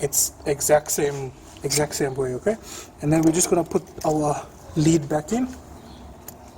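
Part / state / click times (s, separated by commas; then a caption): spark plug cap/lid on the engine's ignition assembly / seated / 6.3 s. Someone talks while a plastic cap or lid over the ignition coil is pushed back down onto the engine's ignition assembly after a new spark plug has been fitted. A small, sharp click is heard at 6.3 seconds as the ignition coil cover clicks into place and seats.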